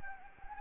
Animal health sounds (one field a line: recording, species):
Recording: mosquito wingbeat signal from an infrared sensor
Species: Anopheles gambiae